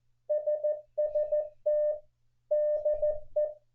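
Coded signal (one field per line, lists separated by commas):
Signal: Morse code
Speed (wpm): 14 wpm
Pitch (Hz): 600 Hz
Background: none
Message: SST DE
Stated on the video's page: Slow-speed QRS CW contests suited to new operators and copying practice.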